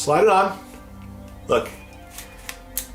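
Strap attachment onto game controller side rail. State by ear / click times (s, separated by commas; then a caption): seated / 2.8 s. Someone talks while a strap attachment is slid onto the side rail of a handheld Nintendo Switch game controller, with faint ticks near 2.2 s and 2.5 s. A sharp click at 2.8 s marks the attachment locking into place, fully seated.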